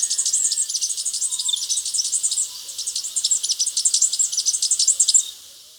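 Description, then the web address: Cinereous conebill delivering a rapid, thin, high twittering chatter of fast jumbled notes for about five seconds, briefly faltering midway. Recorded in Ecuador. "Natures Songs S America Birds of Ecuador. Cinereous Conebill"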